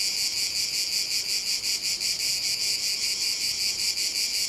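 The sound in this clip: Cicada call, a continuous shrill buzz that throbs at a quick, even rate throughout, with the pulsing holding constant from start to finish.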